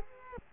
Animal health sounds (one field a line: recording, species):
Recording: mosquito wingbeat signal from an infrared sensor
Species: Culex quinquefasciatus